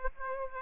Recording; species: mosquito wingbeat signal from an infrared sensor; Aedes aegypti